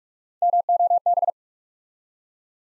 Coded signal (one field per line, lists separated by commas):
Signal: Morse code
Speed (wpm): 45 wpm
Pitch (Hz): 700 Hz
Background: none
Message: MOB